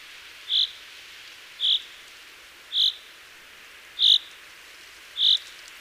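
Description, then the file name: Common chaffinch with five clipped, high single notes spaced about a second apart, over a low steady hiss. "Fringilla coelebs"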